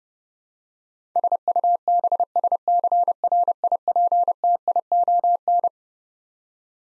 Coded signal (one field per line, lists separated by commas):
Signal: Morse code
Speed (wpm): 30 wpm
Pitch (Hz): 700 Hz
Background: none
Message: SUBSCRIPTION